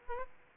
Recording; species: mosquito wingbeat signal from an infrared sensor; Aedes aegypti